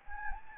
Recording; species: mosquito wingbeat signal from an infrared sensor; Anopheles gambiae